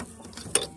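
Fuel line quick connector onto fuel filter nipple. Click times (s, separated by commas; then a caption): 0.6 s. The blue fuel line's plastic quick-connect coupling is pushed onto the port of a Mann WK 69 fuel filter on an Audi TT Mk2. Faint handling rustles come first, then a sharp click at 0.6 s as the connector seats onto the filter.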